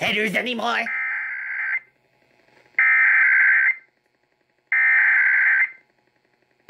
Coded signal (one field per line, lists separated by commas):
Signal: Emergency Alert System (SAME) tones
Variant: header bursts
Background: speech